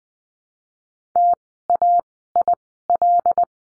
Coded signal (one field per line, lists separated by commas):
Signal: Morse code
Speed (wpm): 20 wpm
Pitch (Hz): 700 Hz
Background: none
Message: TAIL